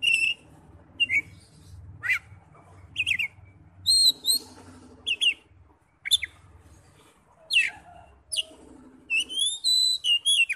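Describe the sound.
Oriental magpie-robin giving scattered sharp whistles and downward slurs, ending in a longer run of rising notes, over faint low background noise.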